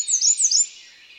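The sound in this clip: Bird song: two quick, high, sharply downslurred whistled notes, then a faint fading twitter.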